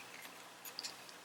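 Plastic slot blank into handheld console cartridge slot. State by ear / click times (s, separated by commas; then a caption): not seated / none. A plastic slot blank is handled and pushed toward the cartridge slot of a DS Lite handheld game console, making faint plastic ticks and light scraping, with a brief sharp tick near 0.8 s. Nothing has seated or clicked into place yet.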